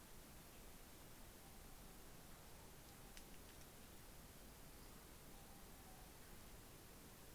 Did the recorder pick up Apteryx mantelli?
no